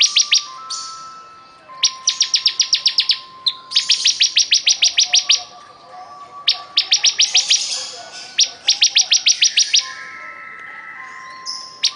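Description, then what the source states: Bar-winged prinia singing: rapid bursts of sharp, high ticking notes, each burst one to two seconds long, with softer buzzy notes between them. Persistent, vigorous singing (gacor).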